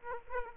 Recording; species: mosquito wingbeat signal from an infrared sensor; Aedes aegypti